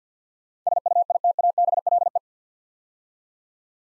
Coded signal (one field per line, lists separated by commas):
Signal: Morse code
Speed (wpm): 47 wpm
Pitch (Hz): 700 Hz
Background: none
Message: SUITABLE